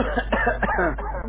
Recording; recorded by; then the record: voluntary cough; telephone call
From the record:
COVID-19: positive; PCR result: checked with the laboratory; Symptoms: no